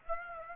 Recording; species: mosquito wingbeat signal from an infrared sensor; Aedes aegypti